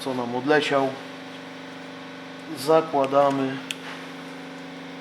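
The second brake pad, whose butterfly clip flew off earlier, is handled at the brake caliper of a Jeep Cherokee KJ while someone talks over a steady low hum, with one faint tap near 3.7 s. Nothing has seated or clicked yet; the pad is not yet home in the caliper.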